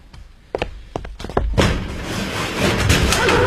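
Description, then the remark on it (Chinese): The door of the Youai Football internet cafe is unlatched and opened for public security police: a quick run of sharp clunks and knocks from the handle and lock, followed by a steady broad rush of sound as it swings open. “我们是公安局的，请开门。”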